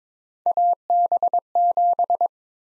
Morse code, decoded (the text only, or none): AB7